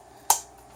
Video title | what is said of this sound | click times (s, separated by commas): Building a computer for beginners (Guide) | give it a good push on each side until they spit into place you'll hear a snap | 0.3 s